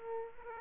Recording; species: mosquito wingbeat signal from an infrared sensor; Aedes aegypti